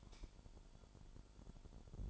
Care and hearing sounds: daily activity, microphone in the room; light off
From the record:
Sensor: 5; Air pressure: 1008.0 hPa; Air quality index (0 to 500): 102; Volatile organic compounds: 1 ppm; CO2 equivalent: 796 ppm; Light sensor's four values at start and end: 31/71/28/28 and 30/70/28/27

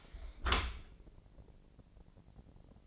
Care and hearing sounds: daily activity, microphone in the room; close dishwasher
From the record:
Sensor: 5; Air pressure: 1012.4 hPa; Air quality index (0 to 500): 159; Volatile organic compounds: 2 ppm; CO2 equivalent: 1079 ppm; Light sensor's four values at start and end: 105/252/106/119 and 105/252/106/119

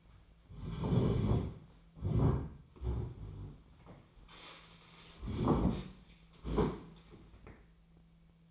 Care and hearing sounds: daily activity, microphone in the room; sit down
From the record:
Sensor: 1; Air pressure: 1008.2 hPa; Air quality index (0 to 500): 191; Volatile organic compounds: 17 ppm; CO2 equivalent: 2582 ppm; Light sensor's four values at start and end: 14/34/14/16 and 13/34/13/15

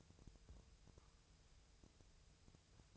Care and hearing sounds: daily activity, microphone in the room; take from stove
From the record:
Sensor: 2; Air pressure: 999.1 hPa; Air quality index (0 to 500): 197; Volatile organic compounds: 28 ppm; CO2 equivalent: 2912 ppm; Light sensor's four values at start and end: 6/15/6/6 and 6/15/6/6

